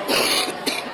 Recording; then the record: coughing mixed with background sound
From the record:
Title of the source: 61 morning phlegmy cough...again